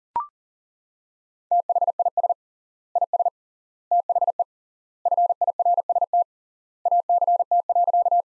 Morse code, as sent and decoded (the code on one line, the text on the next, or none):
- .... .. ... / .. ... / - .... . / ..-. .. .-. ... - / .- -.-. - .-.-.-
THIS IS THE FIRST ACT.